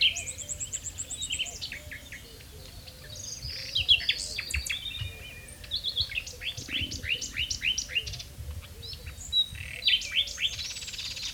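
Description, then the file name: Common nightingale singing varied phrases of fast repeated notes and trills, starting with a high whistle. "Luscinia megarhynchos"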